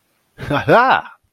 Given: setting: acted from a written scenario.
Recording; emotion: vocal sound without words; triumph